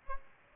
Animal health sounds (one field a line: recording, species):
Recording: mosquito wingbeat signal from an infrared sensor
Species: Aedes albopictus